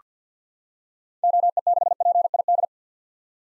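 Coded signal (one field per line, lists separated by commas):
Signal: Morse code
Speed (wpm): 48 wpm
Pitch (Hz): 700 Hz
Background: none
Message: OE6PID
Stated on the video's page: Head-copy drill of common SOTA activator call signs at 50 wpm, each sent in Morse, spoken, then sent again.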